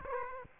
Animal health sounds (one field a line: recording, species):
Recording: mosquito wingbeat signal from an infrared sensor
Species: Aedes aegypti